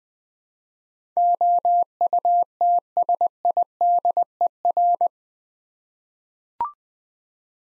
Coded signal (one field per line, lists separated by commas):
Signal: Morse code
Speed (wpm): 20 wpm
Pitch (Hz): 700 Hz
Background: none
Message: OUTSIDER